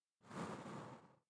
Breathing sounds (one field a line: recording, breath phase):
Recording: one breath near a microphone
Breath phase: exhalation